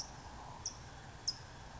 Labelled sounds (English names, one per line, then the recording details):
California Towhee
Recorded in Sonoma County, California